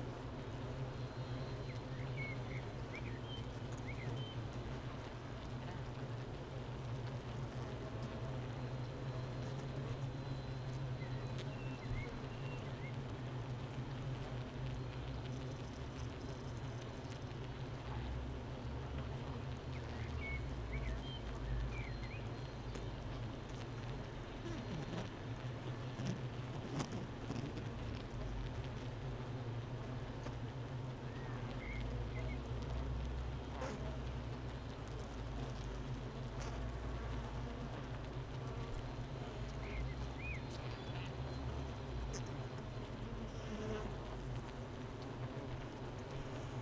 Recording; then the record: honeybee colony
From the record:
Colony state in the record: missing queen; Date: 31 May 2018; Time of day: 8:57